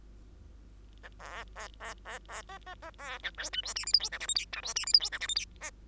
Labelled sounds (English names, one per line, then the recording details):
Bengalese Finch song
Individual Bird2